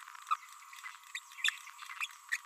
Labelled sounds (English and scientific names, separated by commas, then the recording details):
Green-rumped Parrotlet (Forpus passerinus) babbling
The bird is a male
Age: 30 days
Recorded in a nest box in Venezuela
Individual 17B31A1